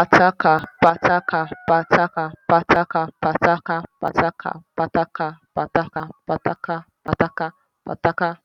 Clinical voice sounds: repeated syllables /pa ta ka/; female; 20 to 29 years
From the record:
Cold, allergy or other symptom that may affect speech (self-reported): no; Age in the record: 25 years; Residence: California, United States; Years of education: 16

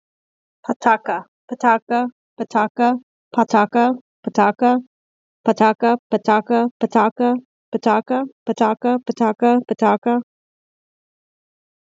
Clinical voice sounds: repeated syllables /pa ta ka/; female; 20 to 29 years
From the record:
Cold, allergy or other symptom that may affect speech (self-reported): no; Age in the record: 29 years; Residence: California, United States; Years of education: 8

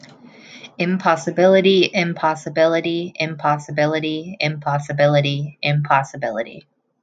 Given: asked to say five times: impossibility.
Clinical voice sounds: repeated word; female; 20 to 29 years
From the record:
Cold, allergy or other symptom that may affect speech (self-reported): no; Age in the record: 25 years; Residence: Connecticut, United States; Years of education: 16

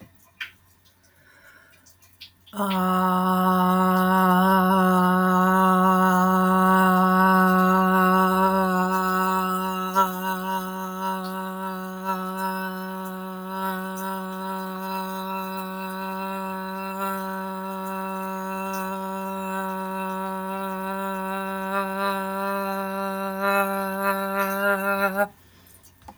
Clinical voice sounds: vowel held as long as possible; female; 20 to 29 years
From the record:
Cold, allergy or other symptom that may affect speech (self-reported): no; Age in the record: 24 years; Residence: Arkansas, United States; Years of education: 13

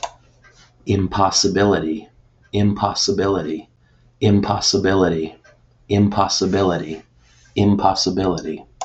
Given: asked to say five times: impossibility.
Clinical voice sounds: repeated word; male; 40 to 49 years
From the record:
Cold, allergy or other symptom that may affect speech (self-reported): no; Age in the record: 40 years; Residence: Michigan, United States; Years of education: 18

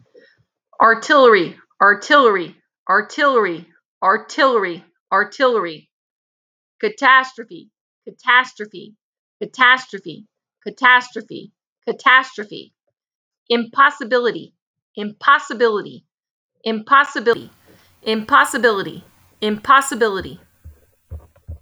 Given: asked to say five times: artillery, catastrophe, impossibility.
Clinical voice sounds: three words, each repeated; female; 40 to 49 years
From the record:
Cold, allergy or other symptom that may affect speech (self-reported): no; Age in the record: 46 years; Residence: Pennsylvania, United States

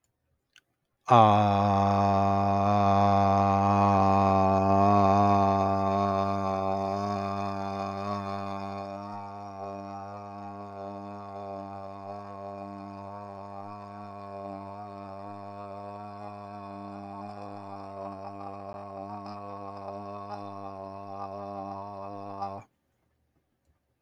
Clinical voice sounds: vowel held as long as possible; male; 40 to 49 years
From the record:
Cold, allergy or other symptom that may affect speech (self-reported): no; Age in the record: 44 years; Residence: Tennessee, United States

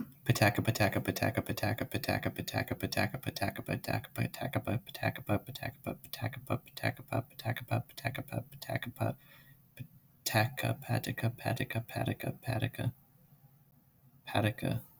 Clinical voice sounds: repeated syllables /pa ta ka/; male; 20 to 29 years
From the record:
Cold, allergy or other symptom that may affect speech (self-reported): no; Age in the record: 21 years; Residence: New Hampshire, United States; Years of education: 14

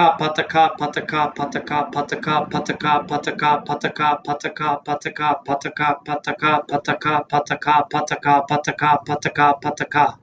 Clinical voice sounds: repeated syllables /pa ta ka/; male; 20 to 29 years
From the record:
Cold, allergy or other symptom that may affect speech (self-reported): no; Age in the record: 28 years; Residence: Texas, United States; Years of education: 16

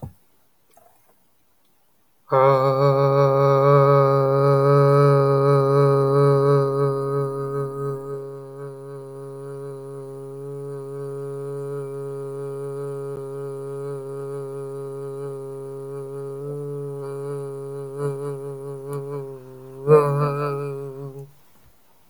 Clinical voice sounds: vowel held as long as possible; male; 18 to 19 years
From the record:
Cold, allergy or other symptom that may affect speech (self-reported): no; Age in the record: 18 years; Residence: Florida, United States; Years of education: 12

